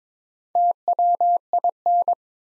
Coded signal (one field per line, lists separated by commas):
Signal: Morse code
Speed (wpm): 22 wpm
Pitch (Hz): 700 Hz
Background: none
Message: TWIN